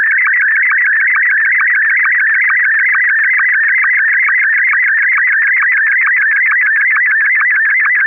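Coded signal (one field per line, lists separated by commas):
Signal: SSTV (slow-scan television)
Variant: Martin 1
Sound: steady warbling, chirping tone with rapid regular ticks, constant throughout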